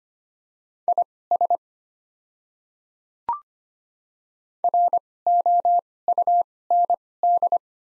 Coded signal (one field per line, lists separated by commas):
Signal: Morse code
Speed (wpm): 25 wpm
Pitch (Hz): 700 Hz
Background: none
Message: IS ROUND